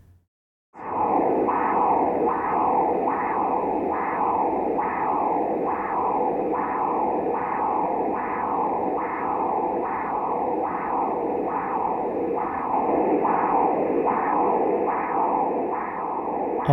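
A steady, regular whooshing pulse repeats about 85 times a minute, each beat rising sharply and then fading. This is a normal transcranial Doppler flow signal from an adult's middle cerebral artery, picked up with the probe angled up and forward. A brief clatter ends the sound.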